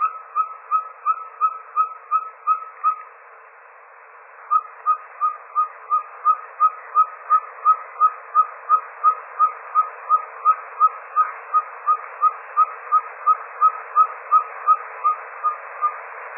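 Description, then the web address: Ferruginous pygmy owl repeating a steady, clear whistled toot about three times a second, a brief pause after three seconds, then a long unbroken series. Belize. "belize birds birdsongs ferruginous-pygmy-owl"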